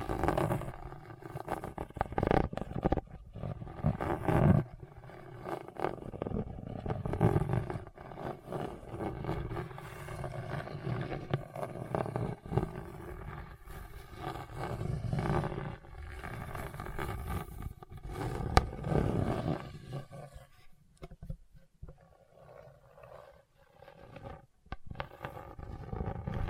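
Scratching across a hard, bumpy surface, a rough grinding texture made of dense, irregular scrapes and knocks. The sound is mostly low and gritty, holding steady for about twenty seconds before thinning into sparser, quieter scrapes with short gaps near the end.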